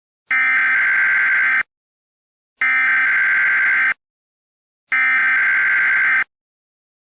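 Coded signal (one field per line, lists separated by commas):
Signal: Emergency Alert System (SAME) tones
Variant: header bursts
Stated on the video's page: Fictional Emergency Alert System scenario about a hurricane, not a real broadcast.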